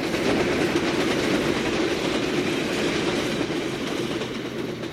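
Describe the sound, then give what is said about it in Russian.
The third express train roars past in a steady, dense rumble, wheels clattering rhythmically over the rails with a broad hiss above, loud and unbroken for the whole stretch, no voices. “И прогремел, сверкая, третий скорый поезд.”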